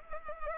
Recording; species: mosquito wingbeat signal from an infrared sensor; Culex pipiens